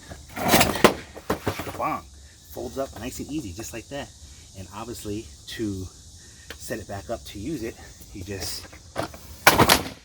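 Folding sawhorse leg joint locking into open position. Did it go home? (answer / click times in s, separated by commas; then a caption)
yes / 9.5 s. A WORX Pegasus folding sawhorse workstation is folded up and then opened back up while someone talks, with clattering handling sounds early on. The leg joints snap into the open position with a single sharp click at 9.5 s, locking the legs open.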